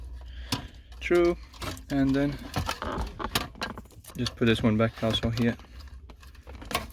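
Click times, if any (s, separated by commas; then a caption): 6.8 s. A wiring connector is pushed back onto its socket behind the car radio in the center console of a Renault Megane II while the console is reassembled after a light bulb replacement. Someone talks over scattered clicks and handling noises, and the connector snaps into place at 6.8 s, seated.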